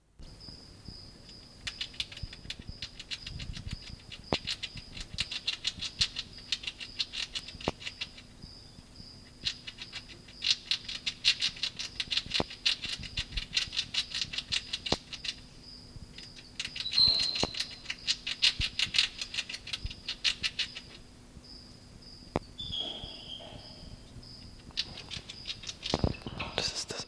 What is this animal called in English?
Brown Rat